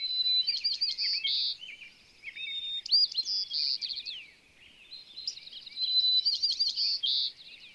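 Bird song in three energetic bouts, each mixing a steady whistle, rapid trills and buzzy notes.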